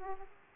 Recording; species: mosquito wingbeat signal from an infrared sensor; Aedes aegypti